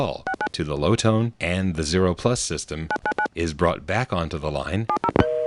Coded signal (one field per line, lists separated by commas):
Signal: DTMF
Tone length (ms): 70 ms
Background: speech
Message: 69 999 70